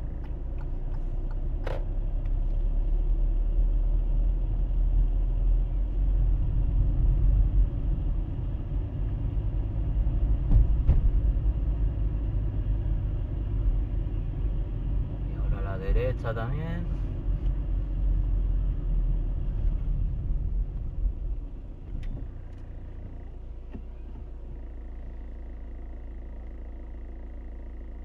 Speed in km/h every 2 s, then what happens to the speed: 15, 18, 20, 22, 24, 25, 23, 23, 21, 17, 2, 0, 0, 0.
0-9 speeds up to 25. 9-15 steady at about 23. 15-21 brakes to 0. 21-28 standing.